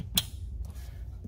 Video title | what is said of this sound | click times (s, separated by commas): J&L Oil Separator Co Oil Catch Can für Silverado, Sierra, Tahoe, Suburban & Yukon 2019 - 2021 | that's seated | 0.2 s